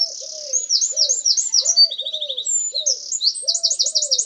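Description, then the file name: Eurasian Wren song of rapid high trills and rattles, with a lower repeated sound underneath. "Troglodytes troglodytes"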